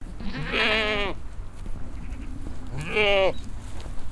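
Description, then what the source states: Goat bleating, two loud, quavering, nasal bleats a few seconds apart over a low background rumble. Group of goats in a corral on a meadow beside a road, bleating and eating grass, with passing traffic in the distance.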